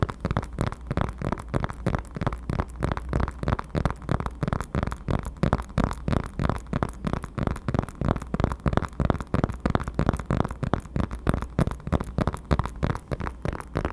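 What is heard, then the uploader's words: Rapid tapping on dark objects runs steadily through the whole clip, a dense stream of short, crisp hits coming several times a second. The taps vary slightly in loudness but never pause, with a low, steady hum underneath. ASMR TAPPING on Dark things 黒いものにタッピング.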